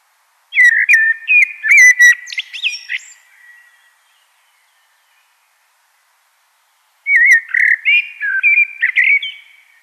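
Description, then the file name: Common blackbird singing two fluted, warbling phrases with high squeaky twitters, separated by a few seconds of silence. "Turdus merula"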